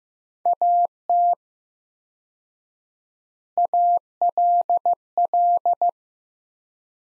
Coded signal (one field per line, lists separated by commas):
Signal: Morse code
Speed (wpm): 15 wpm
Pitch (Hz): 700 Hz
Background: none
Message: AT ALL